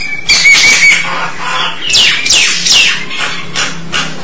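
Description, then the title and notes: Starling song of a thin whistle followed by several loud downward-sweeping notes and scratchy chips in quick succession. "suara burung jalak"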